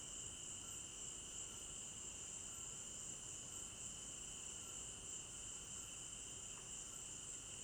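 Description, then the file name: Continuous high-pitched cricket trilling, unvarying throughout, above a second constant insect tone and soft background noise. Crickets at night in an African village garden; stereo binaural recording. "African-Village Garden Night Crickets 01 Stereo-Binaural"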